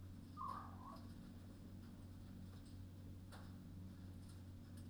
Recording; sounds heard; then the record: poultry house recording; healthy chickens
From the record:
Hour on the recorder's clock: 21